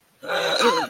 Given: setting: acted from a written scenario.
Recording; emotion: vocal sound without words; pain